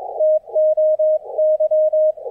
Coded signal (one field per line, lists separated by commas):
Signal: Morse code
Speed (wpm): 22 wpm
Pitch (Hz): 620 Hz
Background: none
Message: TOY